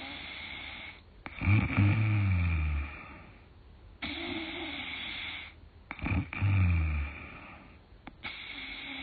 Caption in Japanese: 新しいいびき。 最初はなんかね、ガーって。 この一定のリズム。 低音の方が、ちょっとリズム、ついてました。